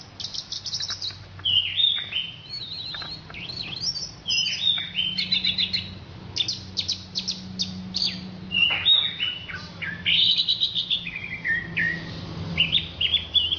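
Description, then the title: Orange-headed thrush song: long, varied stream of high whistled notes, sharp chips, trills and slurred phrases, changing pattern every second or two, with a steady low hum beneath. "Anis Merah"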